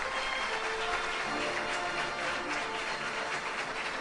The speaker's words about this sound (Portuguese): Parabéns. A salva de palmas